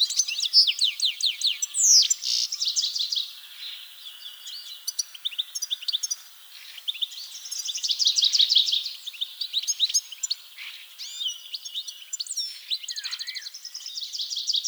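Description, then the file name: European goldfinch song in long bursts of rapid, high twittering and chattering notes, with brief quieter gaps. "Carduelis carduelis"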